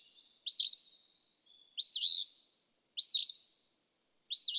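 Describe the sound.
Eastern phoebe song: four quick buzzy two-part phrases roughly a second apart, the last cut off at the end.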